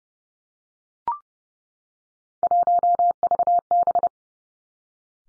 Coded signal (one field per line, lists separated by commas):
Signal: Morse code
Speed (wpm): 30 wpm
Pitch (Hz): 700 Hz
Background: none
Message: 1VB